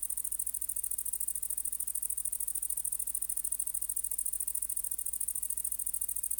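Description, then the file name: Great green bush-cricket singing: a continuous shrill, sizzling buzz made of fast, regular pulses that carry on unbroken throughout, with a faint low hum beneath. "Tettigonia viridissima"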